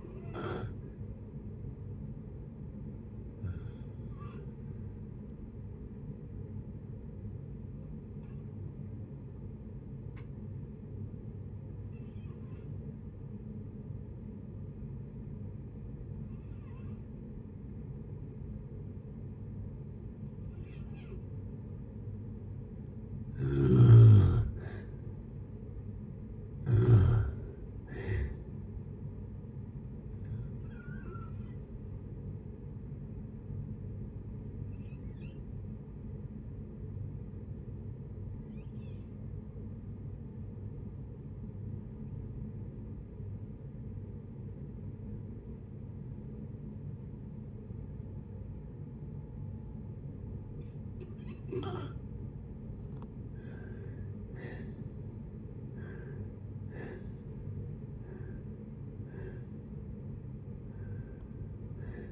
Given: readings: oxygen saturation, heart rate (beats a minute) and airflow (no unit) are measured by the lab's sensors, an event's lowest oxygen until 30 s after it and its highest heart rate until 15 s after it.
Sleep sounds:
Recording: breathing in sleep by a smartphone at the bedside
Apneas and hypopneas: 2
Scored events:
4.00-23.60 s: hypopnea (N2, oxygen 96% highest, then 83% lowest, heart rate 64 at the start, 66 highest)
4.00-34.00 s: new sleep stage, N1 (lightest sleep)
34.00-62.12 s: new sleep stage, N2 (light sleep)
39.00-53.30 s: obstructive apnea (N2, oxygen 94% highest, then 80% lowest, heart rate 63 at the start, 77 highest)
From the record:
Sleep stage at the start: N2 (light sleep)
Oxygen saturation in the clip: 79 to 96%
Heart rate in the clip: 55 to 77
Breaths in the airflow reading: 13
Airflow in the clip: -5.9 to 8.0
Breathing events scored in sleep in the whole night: 496 in 5.4 hours asleep

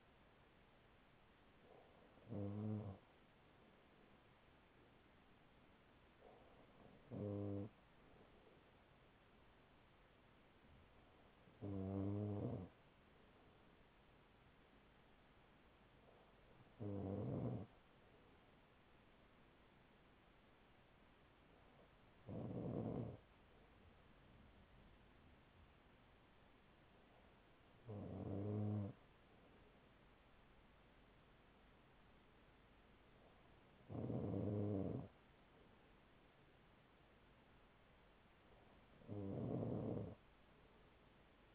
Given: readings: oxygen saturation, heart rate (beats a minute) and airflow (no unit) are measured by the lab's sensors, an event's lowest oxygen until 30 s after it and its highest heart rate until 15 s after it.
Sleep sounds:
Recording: breathing in sleep by a voice recorder at the bedside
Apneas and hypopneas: none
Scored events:
none scored
From the record:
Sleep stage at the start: N2 (light sleep)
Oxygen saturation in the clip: 95 to 96%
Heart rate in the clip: 40 to 45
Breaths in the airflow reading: 8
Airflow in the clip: -5.1 to 5.8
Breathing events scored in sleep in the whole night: 207 in 7.6 hours asleep

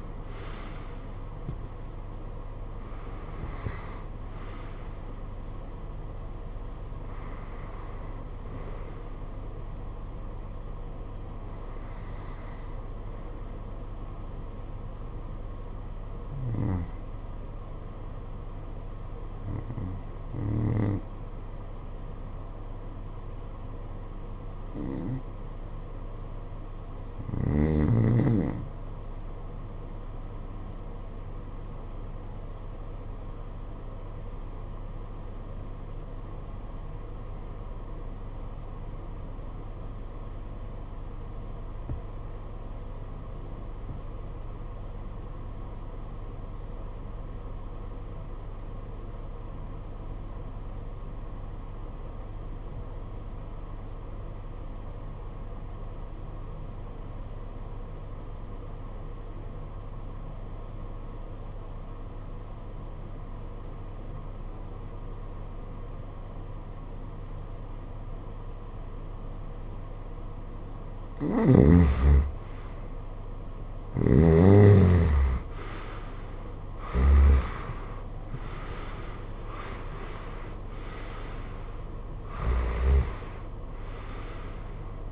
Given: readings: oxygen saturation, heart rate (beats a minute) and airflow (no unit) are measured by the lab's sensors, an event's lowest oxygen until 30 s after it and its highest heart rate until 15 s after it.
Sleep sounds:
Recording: breathing in sleep by a smartphone at the bedside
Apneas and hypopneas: 1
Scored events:
32.00-72.40 s: obstructive apnea (REM, oxygen 95% highest, then 74% lowest, heart rate 54 at the start, 85 highest)
From the record:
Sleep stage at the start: REM sleep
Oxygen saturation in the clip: 74 to 96%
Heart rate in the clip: 49 to 85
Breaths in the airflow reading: 12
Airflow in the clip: -17.9 to 16.3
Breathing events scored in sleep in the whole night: 476 in 9.7 hours asleep

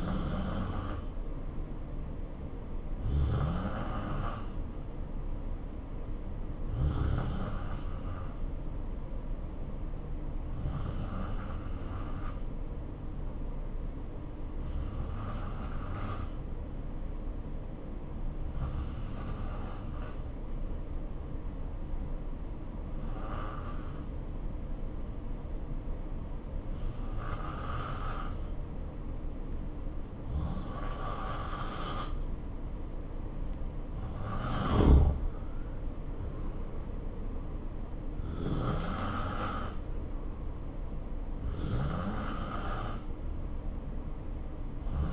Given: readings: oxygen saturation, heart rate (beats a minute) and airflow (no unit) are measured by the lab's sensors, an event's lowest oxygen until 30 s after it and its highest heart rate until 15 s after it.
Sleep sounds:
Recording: breathing in sleep by a smartphone at the bedside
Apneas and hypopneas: 1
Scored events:
6.00-33.90 s: hypopnea (N2, oxygen 92% highest, then 88% lowest, heart rate 62 at the start, 71 highest)
From the record:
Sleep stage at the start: N2 (light sleep)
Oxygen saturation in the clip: 86 to 92%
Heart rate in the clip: 62 to 71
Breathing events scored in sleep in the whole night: 277 in 7.4 hours asleep

